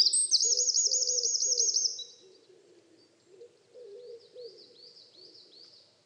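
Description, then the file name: Eurasian wren song opens with a loud rapid trill for two seconds; afterwards quieter repeated high notes and a soft low sound continue. "Troglodytes troglodytes"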